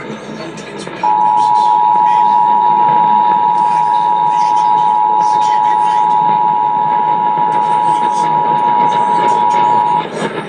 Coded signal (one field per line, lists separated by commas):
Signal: Emergency Alert System (SAME) tones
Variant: 853 and 960 Hz attention tone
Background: speech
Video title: EAS: Pennsylvania Required Monthly Tests (2/18/21)(EAS #592-598)